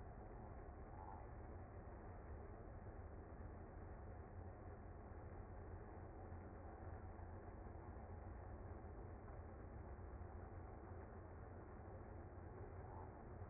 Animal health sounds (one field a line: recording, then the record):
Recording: honeybee colony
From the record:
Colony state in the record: active